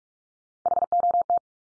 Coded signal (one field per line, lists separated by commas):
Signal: Morse code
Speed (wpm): 44 wpm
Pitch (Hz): 700 Hz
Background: none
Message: HOT